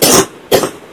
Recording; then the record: coughing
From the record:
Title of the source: 34 coughing up crap again